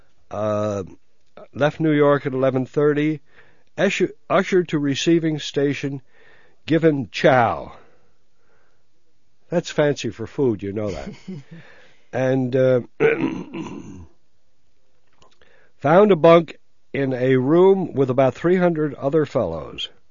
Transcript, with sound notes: Uh, ( he reads ) "Left New York at eleven- thirty, ushered to receiving station, given chow." That's fancy for food, you know that? (laughs) And, uh, "Found a bunk in a room with about three hundred other fellows.